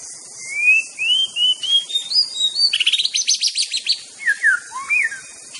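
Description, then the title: White-rumped shama song opening with long, smooth rising whistles, then a rapid rattling trill and lower fluty swoops, set against a buzzing insect background. Natural song of a wild shama in the forest. "Kicau Asli Murai Batu Hutan"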